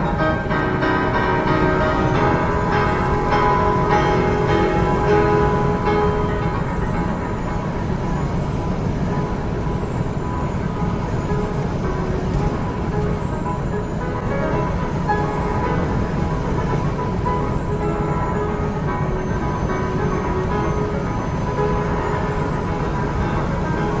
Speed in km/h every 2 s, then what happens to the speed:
98, 98, 100, 100, 100, 100, 101, 101, 101, 101, 100, 101.
0-24 steady at about 100.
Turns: none.